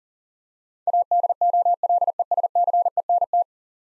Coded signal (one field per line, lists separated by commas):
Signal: Morse code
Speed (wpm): 40 wpm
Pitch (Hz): 700 Hz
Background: none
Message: ADOLESCENT